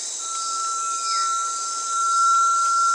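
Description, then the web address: Brazilian tinamou call: one long, pure, steady whistle held for almost three seconds at an even pitch, over a loud, constant high hiss of insects. South America. "Natures Songs S America Brazilian Tinamou"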